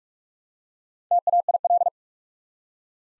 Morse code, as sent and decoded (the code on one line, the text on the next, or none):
- .- .. .-..
TAIL